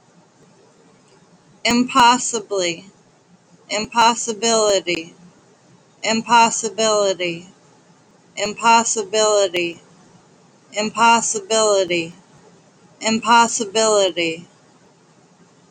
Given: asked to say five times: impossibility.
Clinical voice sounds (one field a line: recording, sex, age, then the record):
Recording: repeated word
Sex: female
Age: 40 to 49 years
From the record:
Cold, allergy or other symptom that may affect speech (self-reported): no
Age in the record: 40 years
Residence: New York, United States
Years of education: 12